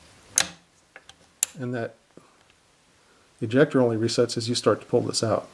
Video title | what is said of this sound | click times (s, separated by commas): Trapdoor Springfield Models 1865 through 1888 | And the whole thing snaps back in. | 0.4 s, 1.4 s